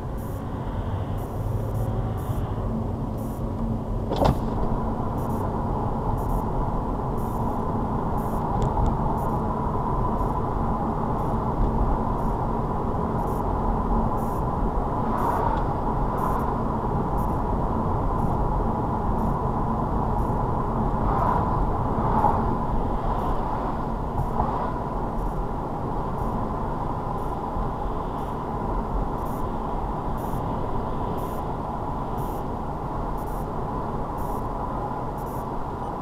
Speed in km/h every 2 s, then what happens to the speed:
26, 31, 37, 40, 42, 42, 42, 44, 44, 44, 44, 44, 44, 42, 44, 44, 44, 44.
0-8 speeds up to 42. 8-36 steady at about 44.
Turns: none.